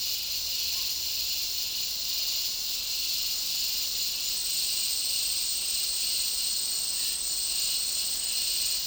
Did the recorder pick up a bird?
no